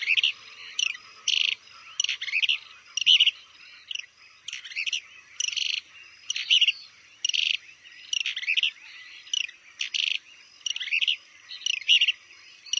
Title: LuckyPassaro Completos2Sama. Plain-crested Elaenia (Elaenia cristata)